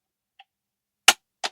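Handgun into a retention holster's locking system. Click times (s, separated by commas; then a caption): 1.1 s. A pistol is pushed into a Safariland ALS retention holster on a battle belt, and the holster's locking hood engages on the ejection port. A faint tick comes at 0.4 s, then a sharp, loud click at 1.1 s and a softer follow-up click at 1.4 s. The gun is seated and locked in the holster.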